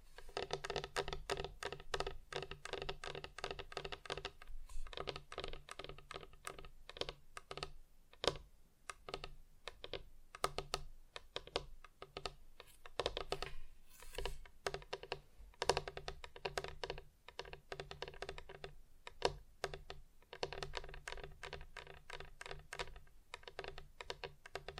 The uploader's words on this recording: ASMR Just Tapping (Different Surfaces No Talking).